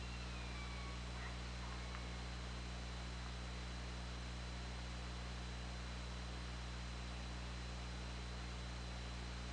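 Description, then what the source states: Killer whale calls, faint descending tonal sweeps in the first two seconds, then only constant hiss and low mechanical hum. Recorded underwater on an OrcaLab hydrophone, 24 August 2017 at 20:09.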